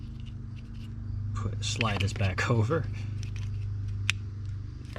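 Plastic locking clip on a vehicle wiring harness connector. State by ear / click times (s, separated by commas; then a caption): seated / 4.1 s. While someone talks, a plastic locking clip is slid back over a wiring harness connector during a Mopar hitch wiring install on a 2019+ Jeep Cherokee. A sharp snap at 4.1 s marks the clip seating, over a steady low hum. The clip is locked in place, with one locking tab still holding, so it is still good.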